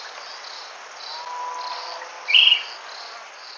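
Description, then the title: Short-crested flycatcher giving a single brief, high note partway through, over a steady pulsing insect chorus. "LuckyPassaro Completos2Sama. Short-crested Flycatcher (Myiarchus ferox)"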